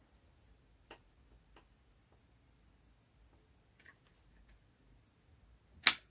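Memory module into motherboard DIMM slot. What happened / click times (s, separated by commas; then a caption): One retention clip snapped shut; the part is only partly latched / 5.9 s. A memory module is pushed down into a motherboard DIMM slot, with a few faint taps and rustles before a single sharp, loud click at 5.9 s. That click is the first of the slot's two plastic retention clips snapping shut, so the module is only partly latched.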